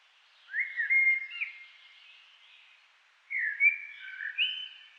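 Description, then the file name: Eurasian blackbird singing two rich whistled phrases, each a quick rising note followed by warbled, lilting turns, separated by a short silence. "Turdus merula"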